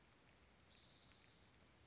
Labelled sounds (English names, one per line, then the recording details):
Spotted Towhee
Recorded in Sonoma County, California